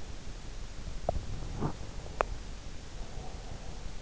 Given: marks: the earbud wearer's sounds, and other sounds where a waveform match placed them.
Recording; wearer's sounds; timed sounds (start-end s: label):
sounds in sleep by an in-ear microphone; teeth grinding, breath
0.89-2.44 s: teeth grinding
1.28-4.02 s: breath